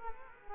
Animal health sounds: mosquito wingbeat signal from an infrared sensor; Culex quinquefasciatus

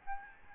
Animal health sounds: mosquito wingbeat signal from an infrared sensor; Aedes albopictus

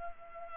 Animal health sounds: mosquito wingbeat signal from an infrared sensor; Culex pipiens

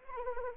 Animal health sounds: mosquito wingbeat signal from an infrared sensor; Anopheles arabiensis

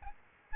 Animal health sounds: mosquito wingbeat signal from an infrared sensor; Aedes albopictus

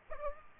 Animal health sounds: mosquito wingbeat signal from an infrared sensor; Aedes aegypti

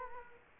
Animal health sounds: mosquito wingbeat signal from an infrared sensor; Culex quinquefasciatus

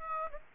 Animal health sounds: mosquito wingbeat signal from an infrared sensor; Aedes aegypti

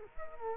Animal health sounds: mosquito wingbeat signal from an infrared sensor; Culex quinquefasciatus

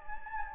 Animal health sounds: mosquito wingbeat signal from an infrared sensor; Anopheles gambiae

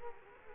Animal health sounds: mosquito wingbeat signal from an infrared sensor; Culex quinquefasciatus

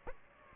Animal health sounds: mosquito wingbeat signal from an infrared sensor; Aedes aegypti

